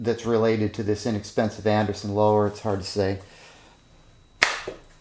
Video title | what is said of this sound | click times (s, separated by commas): Hera CQR AR15 Stock - Unboxing, review & installation | Okay, so that pops into place. | 4.4 s